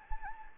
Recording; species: mosquito wingbeat signal from an infrared sensor; Anopheles gambiae